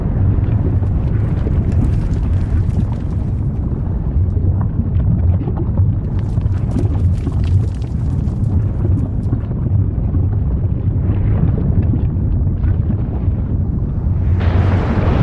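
Active volcano rumbles in a dense, steady low roar with crackling bursts throughout, and a brighter hissing surge near the end.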